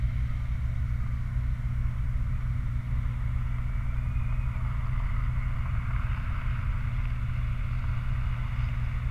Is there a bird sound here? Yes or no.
yes